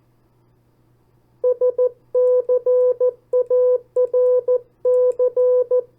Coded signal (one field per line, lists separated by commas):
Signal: Morse code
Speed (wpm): 14 wpm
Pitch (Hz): 500 Hz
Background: none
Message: SCARC